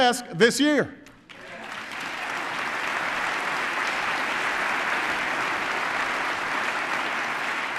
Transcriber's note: applause